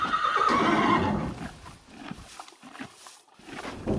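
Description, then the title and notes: Horse whinnying: a bright, harmonic call for about a second, followed by scattered thuds and rustles. Horses in a stable at a riding farm in Stoppenberg, Essen, Germany, snorting while eating hay, hoof steps on the stable's stone floor. "Stoppenberg, Essen, Deutschland - essen, bruch street, horse stable. Auf einem Reiterhof in einem Pferdestall. Der Klang der schnaubenden Heu essenden Tiere, Pferdeschritte auf dem Steinboden des Stalls. Inside a horse stable on a horse barn. Projekt - Stadtklang//: Hörorte"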